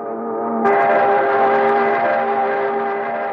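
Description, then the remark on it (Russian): A mournful, shrill factory whistle sounds beyond the walls of the factory administration building in one long, steady blast, its rich droning tone swelling brighter after a moment and holding loud and unbroken throughout, with no voices. “Тоскливо-истошный гудок за стенами фабричной управы вернул главного разведчика компании в реальный мир.”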